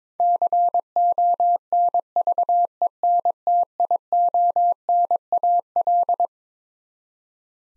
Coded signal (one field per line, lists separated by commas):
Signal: Morse code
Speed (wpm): 22 wpm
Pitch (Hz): 700 Hz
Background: none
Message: CONVENTIONAL